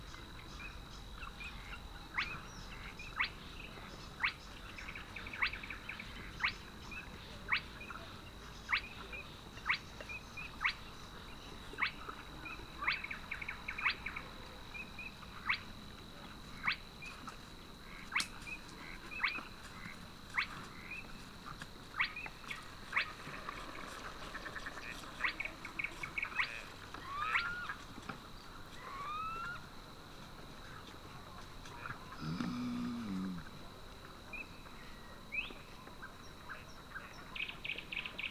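Sedge warbler and reed bunting sing persistently over a steady low rumble and a thin constant whine. Short chirps and sharp clicks come every second or so throughout, with a brief low grunting burst near the 32-second mark.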